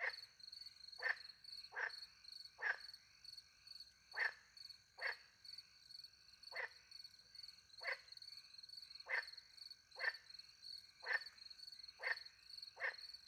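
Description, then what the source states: Series of rasping frog croaks, irregularly spaced at roughly one per second, carried over a continuous high-pitched cricket chorus. Night, countryside in France, beside a little pond, with crickets; microphones hidden in a tree, two Usi pro microphones into a Mixpre 10 II recorder.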